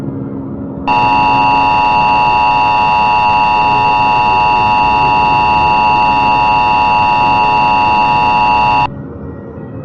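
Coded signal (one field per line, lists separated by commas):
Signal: Emergency Alert System (SAME) tones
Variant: 853 and 960 Hz attention tone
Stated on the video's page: Fictional EAS scenario that may contain actual EAS tones.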